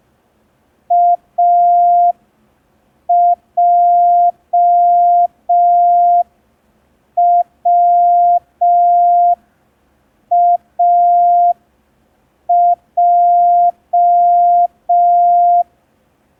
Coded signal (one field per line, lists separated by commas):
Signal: Morse code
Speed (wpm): 5 wpm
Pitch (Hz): 700 Hz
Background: none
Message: AJWAJ